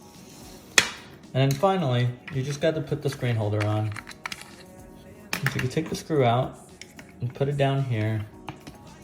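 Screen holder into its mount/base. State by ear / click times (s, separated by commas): seated / 8.5 s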